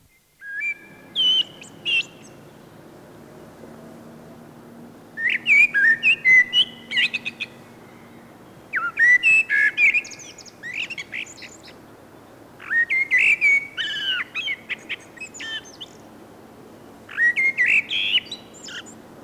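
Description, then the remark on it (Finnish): A common blackbird sings alone in five separate phrases of mellow, flute-like whistling, each a couple of seconds long with brief pauses between, ending in higher twittering notes over a soft steady background hum. “Kuunnellaanpa vielä mustarastaan huilu ääntä.”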